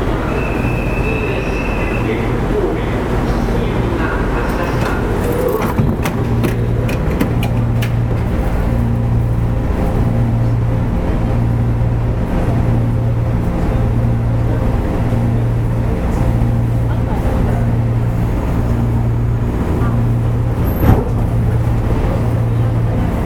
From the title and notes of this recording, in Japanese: JR九州 415系。415系の走行音。日豊線の普通電車にて収録。区間は、大分から別府までです。